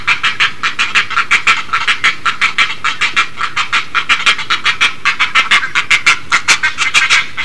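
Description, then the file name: Great egret calling in a loud, rhythmic stream of hoarse, breathy pulses. "kotuku"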